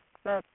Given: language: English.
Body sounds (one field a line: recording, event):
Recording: throat vibration sensor signal played as sound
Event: speech